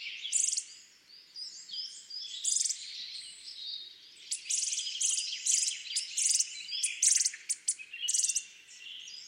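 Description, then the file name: Eurasian nuthatch calls: high chirps and slurred notes, with sharper bursts of high ticking notes toward the end. "Sitta europaea"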